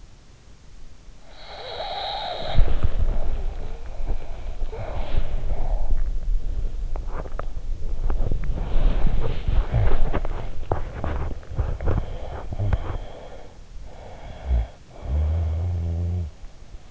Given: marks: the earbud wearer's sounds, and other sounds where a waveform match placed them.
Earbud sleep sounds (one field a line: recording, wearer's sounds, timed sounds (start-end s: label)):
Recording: sounds in sleep by an in-ear microphone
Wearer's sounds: snoring breath, body movement, teeth grinding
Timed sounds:
1.35-2.95 s: snoring breath
2.12-13.81 s: body movement
6.93-13.00 s: teeth grinding
11.59-13.60 s: snoring breath
13.81-16.61 s: snoring breath